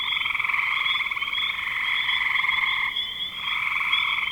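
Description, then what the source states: Dense frog chorus of rapid pulsed trills, steady overlapping calling with a short dip after three seconds before resuming. Frogs recorded in spring 2025.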